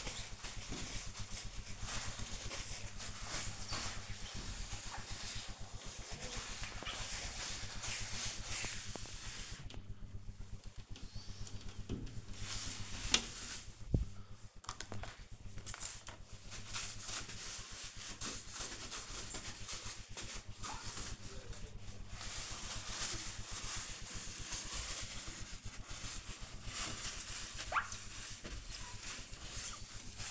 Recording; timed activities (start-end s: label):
household activities, microphone on the right wrist
0.00-30.31 s: window cleaning